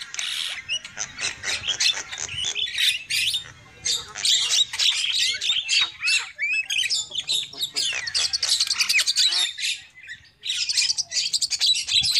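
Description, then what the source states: Lovebirds chatter in rapid, scratchy high chirps and squawks, coming in long busy bursts broken by short quiet gaps. Lure call (pikat) used for trapping lovebirds.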